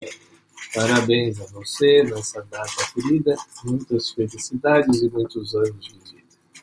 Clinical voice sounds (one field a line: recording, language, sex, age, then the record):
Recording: short text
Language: Brazilian Portuguese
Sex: male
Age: 60 to 69 years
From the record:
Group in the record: control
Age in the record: 65 years